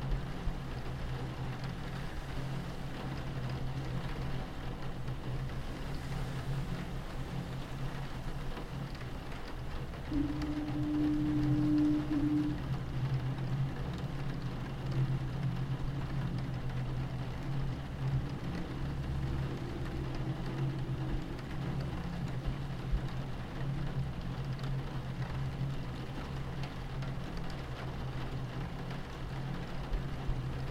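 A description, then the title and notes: Rain and ocean waves form a steady, dense wash with a deep, constant rumble underneath. Around ten seconds a short, mid-low foghorn tone sounds for about two seconds, and a fainter, similar tone rises briefly near twenty seconds. It is a rainy and foggy day on Foghorn Station Island.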